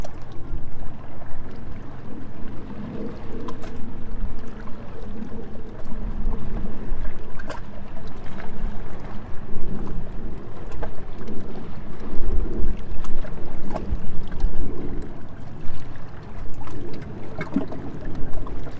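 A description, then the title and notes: Waves wash steadily against a gently sloping shore in a dense, continuous low churning with no real pauses. Small splashes and crackles of foam pop up every few seconds, and a faint hiss of wind or water sits above the rumble throughout. There the beach is littered with small and large pebbles that shimmer in the sun, coloring the water. Track 1 is at the gently sloping shore. The washing of the waves against the shore and the foam of the broken waves can be heard. All recordings, text, and photos by Liu SiYuan.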